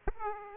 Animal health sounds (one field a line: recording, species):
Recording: mosquito wingbeat signal from an infrared sensor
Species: Aedes aegypti